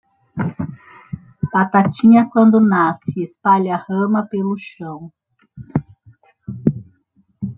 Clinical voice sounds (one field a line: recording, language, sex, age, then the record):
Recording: short text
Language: Brazilian Portuguese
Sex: female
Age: 40 to 49 years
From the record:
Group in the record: control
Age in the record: 48 years